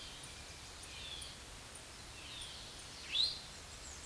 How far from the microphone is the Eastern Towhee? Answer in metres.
about 5 m